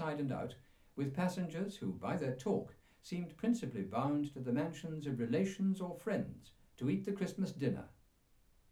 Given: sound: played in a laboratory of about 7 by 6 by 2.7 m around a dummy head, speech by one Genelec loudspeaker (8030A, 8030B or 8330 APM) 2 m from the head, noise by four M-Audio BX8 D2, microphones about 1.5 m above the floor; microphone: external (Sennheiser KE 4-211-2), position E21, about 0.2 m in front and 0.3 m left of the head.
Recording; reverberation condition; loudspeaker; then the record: male speech in English; low; 90 degrees to the right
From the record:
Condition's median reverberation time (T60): about 310 ms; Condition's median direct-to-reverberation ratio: about 3.5 dB